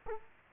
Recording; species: mosquito wingbeat signal from an infrared sensor; Culex quinquefasciatus